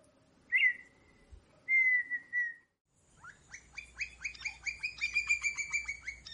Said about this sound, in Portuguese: Pica-pau do campo, Colaptes campestres, é quem vocaliza assim. Dentre todas as espécies de pica-paus brasileiros, este é o símbolo da área rural.